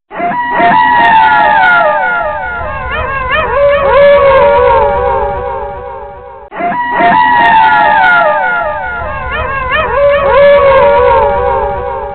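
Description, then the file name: Wolf: wolves howling in chorus, several overlapping drawn-out howls rising and bending in pitch, the same passage heard twice in a row. "horror wolf"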